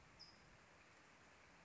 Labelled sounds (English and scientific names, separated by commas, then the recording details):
California Towhee (Melozone crissalis)
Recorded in Sonoma County, California